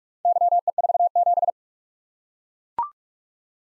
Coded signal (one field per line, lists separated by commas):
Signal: Morse code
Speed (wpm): 44 wpm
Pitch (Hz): 700 Hz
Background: none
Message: YE47